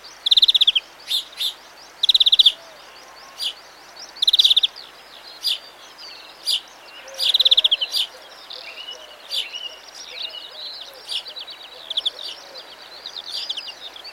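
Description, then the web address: European greenfinch repeating quick, ringing trill bursts every second or two, with softer twittering from other birds running underneath. "Sound Effects-BBC Doves BBC"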